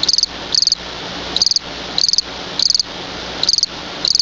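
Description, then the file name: Field cricket song of crisp, high-pitched chirps, each a short cluster of pulses, repeated at an uneven pace, over a faint hiss. "Grillo (Gryllus campestris)"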